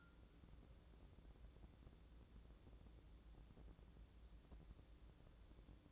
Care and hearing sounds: daily activity, microphone in the room; wipe stove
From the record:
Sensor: 3

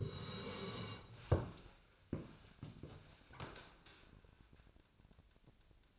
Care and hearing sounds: daily activity, microphone in the room; sit down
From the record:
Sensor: 2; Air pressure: 1000.3 hPa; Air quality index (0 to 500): 160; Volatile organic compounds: 3 ppm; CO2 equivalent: 1334 ppm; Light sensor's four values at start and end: 9/19/8/9 and 8/20/8/9

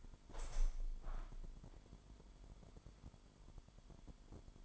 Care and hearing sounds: daily activity, microphone in the room; open window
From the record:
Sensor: 5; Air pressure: 998.6 hPa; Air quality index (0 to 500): 103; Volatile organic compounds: 2 ppm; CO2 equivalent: 1190 ppm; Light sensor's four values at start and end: 36/90/37/42 and 36/89/37/42

